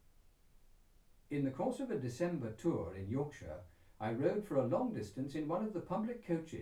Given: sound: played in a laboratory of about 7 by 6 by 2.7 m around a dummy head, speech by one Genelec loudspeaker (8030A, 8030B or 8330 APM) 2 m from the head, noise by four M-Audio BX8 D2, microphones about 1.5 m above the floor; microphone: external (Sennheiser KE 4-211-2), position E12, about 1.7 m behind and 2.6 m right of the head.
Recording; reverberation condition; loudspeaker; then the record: male speech in English; low; 60 degrees to the right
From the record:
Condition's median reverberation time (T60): about 310 ms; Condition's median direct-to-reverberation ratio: about 3.5 dB